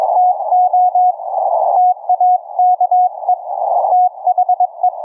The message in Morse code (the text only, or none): TO TAKE THE